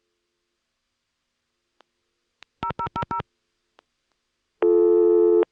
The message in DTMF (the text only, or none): 0000